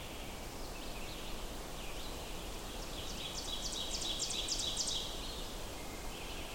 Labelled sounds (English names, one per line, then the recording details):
Ovenbird song
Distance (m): 55 m
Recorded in boreal forest in Alberta, Canada, on 14 June 2016 at 07:42
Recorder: SongMeter 3, array SBT-3-33
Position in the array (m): 276 m, 267 m
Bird 22